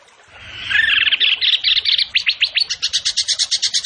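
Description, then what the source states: Bird song building from a soft warble into quick sharp chips that speed into a rapid, evenly repeated high trill. Masteran training recording of a bird singing energetically (gacor) in the tembakan style, Indonesia.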